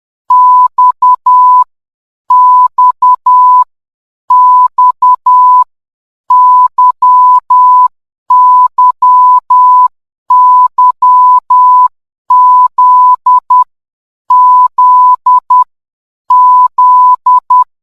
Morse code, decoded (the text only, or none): X X X Y Y Y Z Z Z